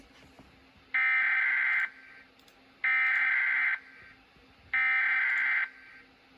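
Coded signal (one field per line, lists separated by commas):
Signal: Emergency Alert System (SAME) tones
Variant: header bursts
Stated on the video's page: Shelter in place warning relayed through a station's IP stream, heard faintly in the background.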